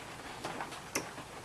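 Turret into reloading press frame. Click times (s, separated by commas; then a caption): 1.0 s. A turret is twisted into the frame of a Lee Classic Turret reloading press, with the ram raised a bit so the ratchet square isn't stressed. A few faint ticks come first, then a sharp click at 0.96 s as the turret locks into place and is seated.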